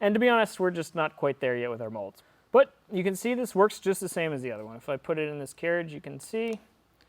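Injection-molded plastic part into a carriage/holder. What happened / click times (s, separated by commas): The part is handled but not yet seated; no click / none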